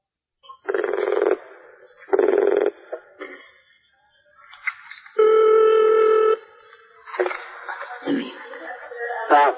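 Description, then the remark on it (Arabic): Two buzzy telephone ring tones pulse in succession, followed by a short burst of clicks and a loud, steady electronic tone, then indistinct voices come on the line. This is a call in the Al-Huda wal-Nour series of answers to questions by telephone with Sheikh Muhammad Nasir al-Din al-Albani. “من سلسله الهدى والنور، اجوبه على اسئله عبر الهاتف.”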